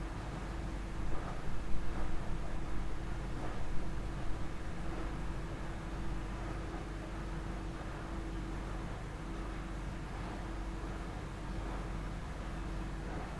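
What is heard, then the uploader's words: Machines in a laundromat in Osaka hum and rumble steadily, with a constant low drone and a clear held tone running underneath. During the first six seconds, small irregular knocks and clatters rise above the hum, then the sound settles into an even, unchanging churn. Laundromat Osaka.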